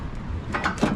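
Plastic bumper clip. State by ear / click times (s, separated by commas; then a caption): not seated / none. A car bumper on an Audi A4 B5 is handled and pressed toward a quick-release bumper clip. A low background rumble is followed by a few brief scraping, rubbing bursts between about 0.5 and 0.9 seconds. Nothing has seated or clicked yet.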